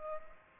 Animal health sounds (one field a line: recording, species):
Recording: mosquito wingbeat signal from an infrared sensor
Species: Culex pipiens